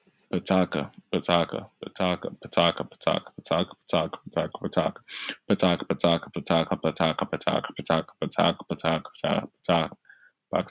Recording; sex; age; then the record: repeated syllables /pa ta ka/; male; 20 to 29 years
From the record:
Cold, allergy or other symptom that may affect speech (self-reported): no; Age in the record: 22 years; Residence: Alabama, United States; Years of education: 16